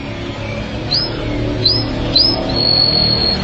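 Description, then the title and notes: Canary song: a few short, high, rising whistled notes, then a thin steady whistle holding one pitch, over constant background hiss. "BM Suara Kenari. BM Suara Burung Kenari"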